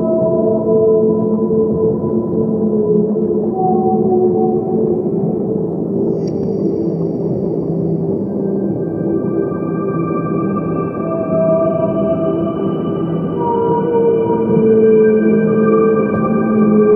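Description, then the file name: Whale song of drawn-out, droning tones held at several pitches, with brief higher wavering notes appearing and fading against a constant deep, hissing background. "Sleep Waves Nature Sound Collection - Amazing Whales Song"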